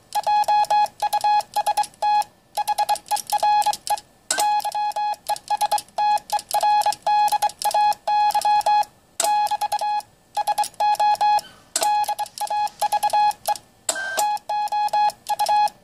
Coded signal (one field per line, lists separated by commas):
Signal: Morse code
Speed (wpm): 24 wpm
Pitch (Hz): 840 Hz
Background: none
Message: JUST HERE YESTERDAY <BT> SO DAVE TOU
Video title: TenTec Power Mite PM3A QSO N4LQ Strikes Again